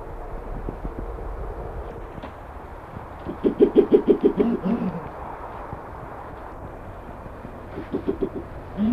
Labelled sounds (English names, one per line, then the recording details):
Brown Fish Owl call
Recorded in captivity
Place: Zoo Hannover, Niedersachsen, DE
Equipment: Halbspur, 9,5 cm/s
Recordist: Lütgens, Hans
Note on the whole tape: Drei Tiere